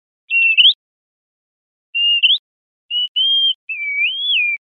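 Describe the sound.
Bird whistles: a quick stutter ending in an upslur, then flat and rising whistled notes and a long wavering slurred note, all pure-toned against silence.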